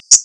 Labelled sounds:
Common Yellowthroat (Geothlypis trichas) flight call

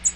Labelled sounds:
American Redstart (Setophaga ruticilla) flight call

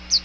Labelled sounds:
Chestnut-sided Warbler (Setophaga pensylvanica) flight call

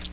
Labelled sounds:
Black-throated Blue Warbler (Setophaga caerulescens) flight call

